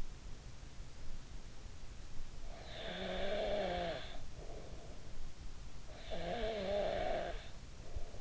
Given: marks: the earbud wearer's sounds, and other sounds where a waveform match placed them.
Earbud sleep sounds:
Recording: sounds in sleep by an in-ear microphone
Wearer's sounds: snoring breath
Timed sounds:
2.32-5.35 s: snoring breath
5.70-8.21 s: snoring breath

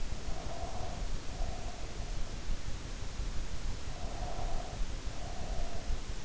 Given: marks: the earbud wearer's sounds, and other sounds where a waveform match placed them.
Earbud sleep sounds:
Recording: sounds in sleep by an in-ear microphone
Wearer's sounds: breath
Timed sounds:
0.18-1.97 s: breath
3.90-5.94 s: breath

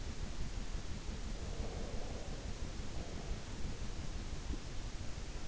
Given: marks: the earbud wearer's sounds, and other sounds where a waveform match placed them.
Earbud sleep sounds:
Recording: sounds in sleep by an in-ear microphone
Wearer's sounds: breath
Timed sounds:
1.44-3.79 s: breath

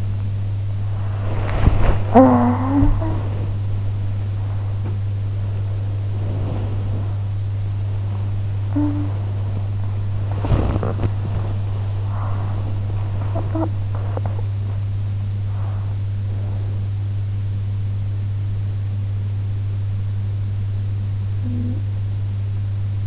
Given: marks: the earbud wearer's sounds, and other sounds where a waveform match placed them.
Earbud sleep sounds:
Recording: sounds in sleep by an in-ear microphone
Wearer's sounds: body movement, talking in sleep, teeth grinding, breath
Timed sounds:
0.17-2.17 s: body movement
2.17-4.17 s: talking in sleep
5.17-8.17 s: body movement
8.17-9.17 s: talking in sleep
10.17-11.17 s: teeth grinding
11.17-13.17 s: breath
13.17-15.17 s: talking in sleep
21.17-22.17 s: talking in sleep

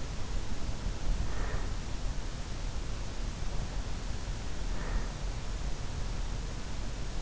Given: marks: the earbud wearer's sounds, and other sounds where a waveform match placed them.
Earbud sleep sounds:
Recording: sounds in sleep by an in-ear microphone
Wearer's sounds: breath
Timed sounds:
0.90-2.00 s: breath
4.36-5.29 s: breath

